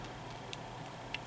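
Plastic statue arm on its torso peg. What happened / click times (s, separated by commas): The plastic arm popped off its peg / 0.5 s, 1.1 s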